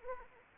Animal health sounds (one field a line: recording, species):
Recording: mosquito wingbeat signal from an infrared sensor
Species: Anopheles arabiensis